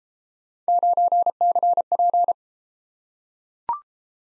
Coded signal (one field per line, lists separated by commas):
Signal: Morse code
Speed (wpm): 31 wpm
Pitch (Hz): 700 Hz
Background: none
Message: 9CP